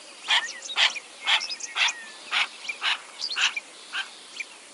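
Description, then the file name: Yellow-billed pintail calls: harsh, raspy notes repeated about twice a second in a steady series, with faint thin whistles between them. "Canto da Marreca parda"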